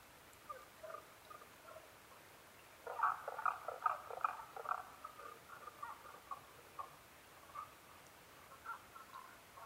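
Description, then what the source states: Tago's brown frog calls: short, clucking notes in loose clusters, loudest around the middle, with quieter similar notes before and after. Recorded 15 May 2011 at 02:19.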